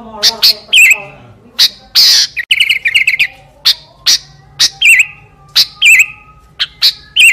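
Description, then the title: Sooty-headed bulbul song: loud, sharp chirped notes with bright wavering whistles, given in short separate bursts. "Kutilang"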